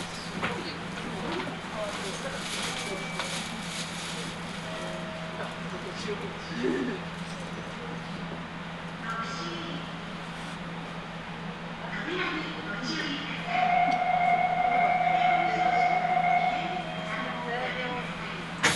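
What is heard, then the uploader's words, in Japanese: A ride on the Nagoya Municipal Subway Sakura-dori Line, with a steady low hum from the train running throughout and faint voices and rustling mixed in. Short whining tones come and go, and a clear sustained tone sounds from about 13 to 16 seconds. 名古屋市営地下鉄桜通線 太閤通→徳重。桜通線の太閤通から徳重までの全区間を乗った時のものです。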